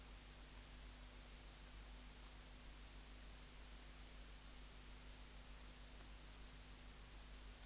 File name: Pholiodoptera grisecaptera